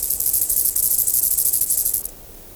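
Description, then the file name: Chorthippus grasshopper song: a very high, hissing buzz made of rapid, evenly pulsed strokes lasting about two seconds, then stopping abruptly. "Chorthippus"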